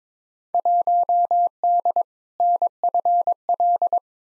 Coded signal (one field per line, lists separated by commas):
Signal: Morse code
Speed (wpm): 22 wpm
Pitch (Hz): 700 Hz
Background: none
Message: 1D NFL